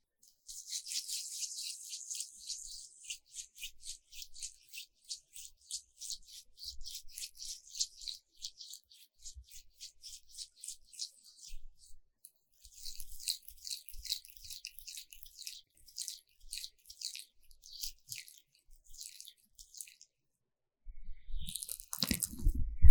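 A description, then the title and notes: Vaseline ear massage sounds: soft, rapid rubbing and squishing strokes in bright bursts, pausing around eleven seconds, with a louder rustle at the end. 凡士林耳朵按摩. Vaseline Ear massage Sounds | NoTalking.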